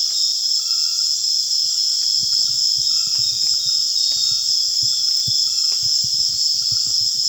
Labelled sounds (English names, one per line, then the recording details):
none
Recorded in secondary vegetation near Puerto Asís, Putumayo, Colombia, on 19 June 2025 at 19:00
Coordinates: 0.485, -76.322
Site GP06